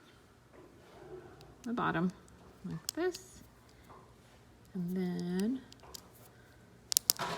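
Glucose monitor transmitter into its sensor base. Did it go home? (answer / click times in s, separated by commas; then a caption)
yes / 6.9 s, 7.0 s, 7.1 s. Someone talks while a plastic Dexcom G6 continuous glucose monitor transmitter is pushed down into its adhesive sensor base on a child's leg. Sharp clicks sound at 6.9, 7.0 and 7.1 seconds as the transmitter snaps in and is seated.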